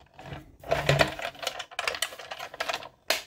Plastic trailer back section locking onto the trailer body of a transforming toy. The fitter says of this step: That will click into place, and just bring the whole trailer